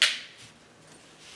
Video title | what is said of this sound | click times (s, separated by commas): Cheap Magazines for your Glock Clone pistols do they work | no the Glock locks in there | 0.0 s